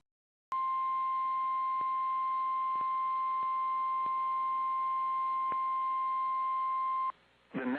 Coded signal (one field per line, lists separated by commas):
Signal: Emergency Alert System (SAME) tones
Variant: 1050 Hz attention tone